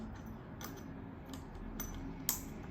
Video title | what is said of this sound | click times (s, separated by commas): Pearl Bass Flute PFB-305BE Unboxing and Review | Turn it around again. Now it's unlocked. | 2.3 s